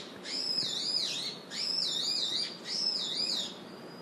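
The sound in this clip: Brown-eared bulbul call: three harsh, high, wavering squeals, each about a second long, repeated steadily with short gaps.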